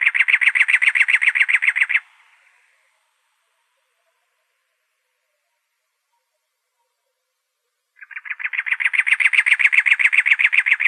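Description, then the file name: Cactus wren giving a harsh, rasping chatter of rapid churring notes, a burst that stops after two seconds, then silence before a second burst begins. Recorded in Arizona on 2 October 2003. "CACW 3 deviche"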